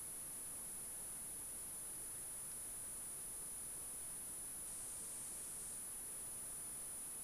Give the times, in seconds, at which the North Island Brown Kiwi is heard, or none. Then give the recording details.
none. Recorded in New Zealand on 14 February 2012. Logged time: 02:13. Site DH65